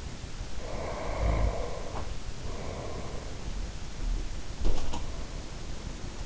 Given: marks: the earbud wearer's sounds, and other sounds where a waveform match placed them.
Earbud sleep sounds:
sounds in sleep by an in-ear microphone; snoring breath
0.53-3.87 s: snoring breath
4.04-5.27 s: sound from someone else or the room

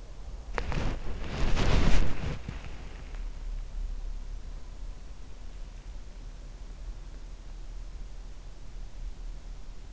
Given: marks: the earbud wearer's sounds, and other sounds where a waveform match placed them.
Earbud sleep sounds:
sounds in sleep by an in-ear microphone; body movement
0.00-2.40 s: body movement

